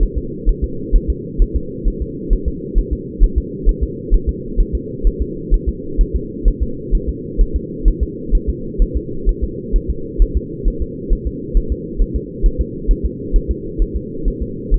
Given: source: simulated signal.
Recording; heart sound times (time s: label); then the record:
fetal heart sounds
0.03 s: S1
0.18 s: S2
0.49 s: S1
0.64 s: S2
0.96 s: S1
1.10 s: S2
1.42 s: S1
1.56 s: S2
1.88 s: S1
2.02 s: S2
2.33 s: S1
2.48 s: S2
2.78 s: S1
2.93 s: S2
3.24 s: S1
3.38 s: S2
3.69 s: S1
3.83 s: S2
4.14 s: S1
4.29 s: S2
4.60 s: S1
4.75 s: S2
5.07 s: S1
5.22 s: S2
5.54 s: S1
5.69 s: S2
6.01 s: S1
6.16 s: S2
6.48 s: S1
6.62 s: S2
6.95 s: S1
7.09 s: S2
7.41 s: S1
7.56 s: S2
7.88 s: S1
8.03 s: S2
8.35 s: S1
8.50 s: S2
8.82 s: S1
8.97 s: S2
9.29 s: S1
9.44 s: S2
9.76 s: S1
9.90 s: S2
10.22 s: S1
10.37 s: S2
10.68 s: S1
10.82 s: S2
11.13 s: S1
11.27 s: S2
11.57 s: S1
11.72 s: S2
12.02 s: S1
12.16 s: S2
12.46 s: S1
12.61 s: S2
12.91 s: S1
13.05 s: S2
13.36 s: S1
13.51 s: S2
13.82 s: S1
13.96 s: S2
14.28 s: S1
14.42 s: S2
14.74 s: S1
From the record:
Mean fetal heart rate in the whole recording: 130 bpm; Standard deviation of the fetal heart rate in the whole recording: 4 bpm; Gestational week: 38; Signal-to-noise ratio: -4.3 dB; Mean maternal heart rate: 72 bpm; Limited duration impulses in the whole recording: absent